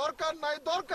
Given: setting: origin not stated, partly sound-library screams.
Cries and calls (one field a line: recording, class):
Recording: one-second piece from a danger detection set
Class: normal situation